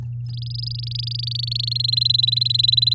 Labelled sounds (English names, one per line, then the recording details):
Domestic Canary song
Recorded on 9 May 2018 at 10:57
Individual llb16